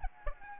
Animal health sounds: mosquito wingbeat signal from an infrared sensor; Aedes albopictus

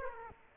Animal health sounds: mosquito wingbeat signal from an infrared sensor; Culex quinquefasciatus

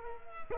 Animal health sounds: mosquito wingbeat signal from an infrared sensor; Culex quinquefasciatus

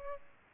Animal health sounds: mosquito wingbeat signal from an infrared sensor; Aedes albopictus

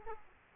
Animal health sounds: mosquito wingbeat signal from an infrared sensor; Aedes aegypti

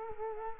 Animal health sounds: mosquito wingbeat signal from an infrared sensor; Culex quinquefasciatus

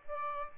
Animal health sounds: mosquito wingbeat signal from an infrared sensor; Aedes aegypti

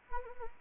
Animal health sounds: mosquito wingbeat signal from an infrared sensor; Anopheles arabiensis

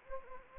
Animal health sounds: mosquito wingbeat signal from an infrared sensor; Anopheles gambiae

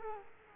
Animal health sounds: mosquito wingbeat signal from an infrared sensor; Culex quinquefasciatus

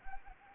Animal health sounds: mosquito wingbeat signal from an infrared sensor; Anopheles gambiae

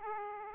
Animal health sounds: mosquito wingbeat signal from an infrared sensor; Aedes aegypti

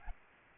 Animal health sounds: mosquito wingbeat signal from an infrared sensor; Aedes albopictus

